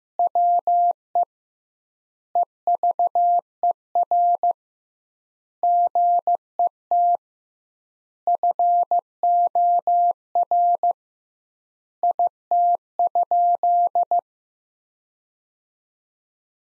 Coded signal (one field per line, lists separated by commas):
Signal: Morse code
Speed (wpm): 15 wpm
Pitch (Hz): 700 Hz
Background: none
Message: WE EVER GET FOR IT?